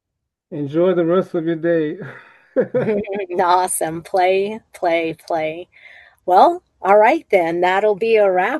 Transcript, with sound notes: Enjoy the rest of your day. (laughs)
Awesome. Play, play, play. Well, all right then. That'll be a wrap.